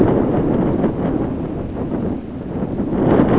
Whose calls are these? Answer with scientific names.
none